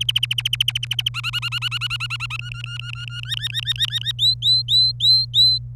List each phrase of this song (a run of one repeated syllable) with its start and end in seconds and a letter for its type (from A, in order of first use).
0.01-1.09 A, 1.14-2.37 B, 2.39-3.20 C, 3.23-4.12 D, 4.19-5.58 E